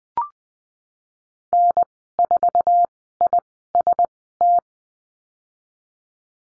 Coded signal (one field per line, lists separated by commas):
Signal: Morse code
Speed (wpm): 20 wpm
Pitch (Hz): 700 Hz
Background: none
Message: N4IST